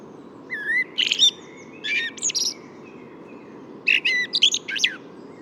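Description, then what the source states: Common blackbird song: varied whistled phrases mixed with high squeaky twitters, delivered in several bursts, with low background rumble throughout. Third blackbird heard that morning; Bois de Vincennes, 6 April 2018.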